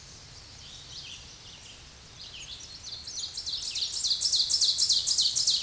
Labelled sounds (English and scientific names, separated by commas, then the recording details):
Ovenbird (Seiurus aurocapilla) song
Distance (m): 5 m
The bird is about level with the microphone
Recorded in a Pennsylvania forest on 16 May 2024 at 07:51
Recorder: AudioMoth, point MSD-0475
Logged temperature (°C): 12.3 °C
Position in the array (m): 149 m, 2 m